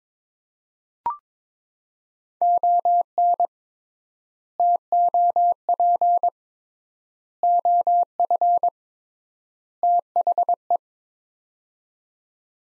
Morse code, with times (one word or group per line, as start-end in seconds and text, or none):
2.4-3.5 ON
4.6-6.3 TOP
7.4-8.7 OF
9.8-10.8 THE